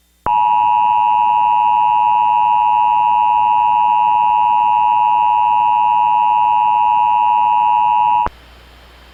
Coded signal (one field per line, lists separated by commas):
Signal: Emergency Alert System (SAME) tones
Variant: 853 and 960 Hz attention tone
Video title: (VALID TONES) EAS Recreation Mock - Etowah County, AL Icy Road Conditions Alert (12/15/2010)